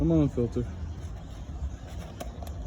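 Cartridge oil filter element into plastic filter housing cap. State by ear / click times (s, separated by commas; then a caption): seated / 2.2 s, 2.4 s. A new cartridge oil filter element is pushed onto its plastic housing cap while someone talks at the start. Against a low background rumble, it snaps into place with sharp clicks at 2.2 and 2.4 seconds, and the element is seated.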